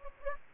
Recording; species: mosquito wingbeat signal from an infrared sensor; Anopheles gambiae